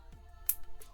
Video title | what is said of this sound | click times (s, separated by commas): HOW TO BUILD A Miniature Clapperboard (EXTENDED) - 1:12 Scale - MiniatureMadness | little click there. | 0.5 s